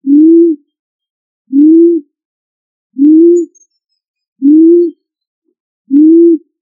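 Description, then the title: Pigeon cooing: soft, low, slightly rising coos repeated evenly about every one and a half seconds, five in all. "Familia ColumbidaePomba"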